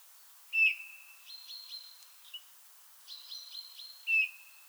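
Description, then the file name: Eurasian bullfinch calling two soft piped whistles, one at the start and one at the end, with higher twittering notes in between. "Pyrrhula pyrrhula"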